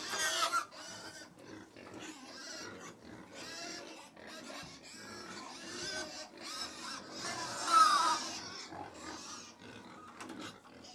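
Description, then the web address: Many pigs squealing and grunting together, a constant busy din with harsh high squeals breaking through and a louder burst in the second half. About 100 pigs feeding; livestock. "BBC Sound Effects Library BBC Livestock 1 Approx 100 Pigs Feeding - Middle"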